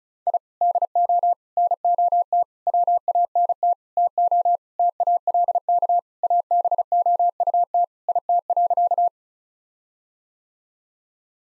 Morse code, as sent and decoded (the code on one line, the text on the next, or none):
.. / -.. --- / -. --- - / .-- .- -. - / - --- / - .- .-.. -.- / .- -... --- ..- - / .. - .-.-.-
I DO NOT WANT TO TALK ABOUT IT.